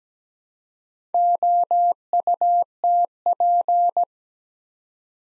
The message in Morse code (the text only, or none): OUTP